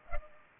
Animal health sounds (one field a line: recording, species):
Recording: mosquito wingbeat signal from an infrared sensor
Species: Culex pipiens